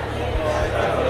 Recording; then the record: background sound without coughing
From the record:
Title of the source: CITY SOUNDS Busy Bar in the Evening Night - 2 HOURS of Ambiance for Relaxation